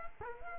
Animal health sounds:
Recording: mosquito wingbeat signal from an infrared sensor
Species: Culex quinquefasciatus

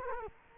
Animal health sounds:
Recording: mosquito wingbeat signal from an infrared sensor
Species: Culex quinquefasciatus

